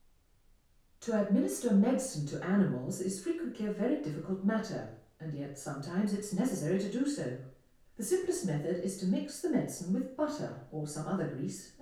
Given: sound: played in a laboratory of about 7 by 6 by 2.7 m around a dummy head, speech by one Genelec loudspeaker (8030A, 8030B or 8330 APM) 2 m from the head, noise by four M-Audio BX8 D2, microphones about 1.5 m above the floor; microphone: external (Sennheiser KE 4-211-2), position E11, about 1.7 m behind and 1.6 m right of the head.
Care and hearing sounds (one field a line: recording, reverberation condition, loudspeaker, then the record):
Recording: female speech in English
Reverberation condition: medium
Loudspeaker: 120 degrees to the left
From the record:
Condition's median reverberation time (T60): about 510 ms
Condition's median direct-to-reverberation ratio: about -0.5 dB